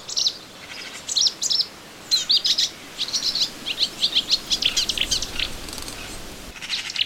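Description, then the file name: Melodious warbler song: a fast, chattering run of high twittering notes in bursts, with a short pause before a final burst. Recorded in a garden on 25 June 2017. "Orpheusspötter 2017 06 25 Garten"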